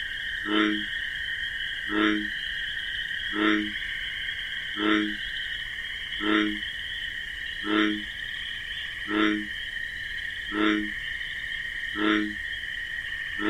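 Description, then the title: Bullfrog sounding nine evenly spaced low croaks, backed by a persistent high-pitched double-toned cricket drone. Wetlands at night among marsh grasses, with a cricket chorus; the call is described as a deep bass 'jug-o-rum'. "Bullfrog Sound. The Wondrous Wetlands"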